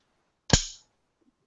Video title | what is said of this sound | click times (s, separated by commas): The don'ts of concealed carry | but you can hear it snap in place so you know when you're putting it down your side | 0.5 s